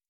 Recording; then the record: hydrophone in a shrimp aquaculture tank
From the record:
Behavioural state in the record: starved